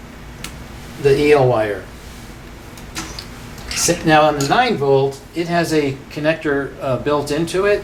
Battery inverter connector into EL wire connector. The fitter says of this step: you take this connector and you can just snap it into